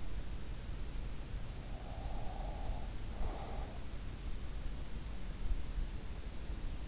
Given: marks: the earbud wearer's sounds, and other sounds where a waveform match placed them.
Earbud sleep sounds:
sounds in sleep by an in-ear microphone; breath
1.45-4.49 s: breath

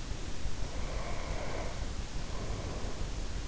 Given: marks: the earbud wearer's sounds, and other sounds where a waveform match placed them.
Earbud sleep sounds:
sounds in sleep by an in-ear microphone; breath
0.36-3.22 s: breath

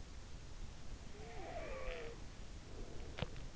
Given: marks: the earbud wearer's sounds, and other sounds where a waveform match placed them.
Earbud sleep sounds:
sounds in sleep by an in-ear microphone; snoring breath
1.16-3.30 s: snoring breath

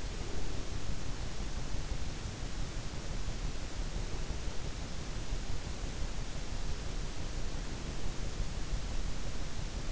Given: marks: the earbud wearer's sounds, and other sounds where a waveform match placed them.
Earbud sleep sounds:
sounds in sleep by an in-ear microphone; breath
0.00-1.04 s: breath

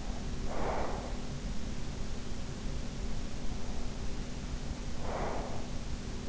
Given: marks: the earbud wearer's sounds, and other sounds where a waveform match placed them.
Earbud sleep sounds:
sounds in sleep by an in-ear microphone; breath
0.03-1.43 s: breath
4.82-6.02 s: breath

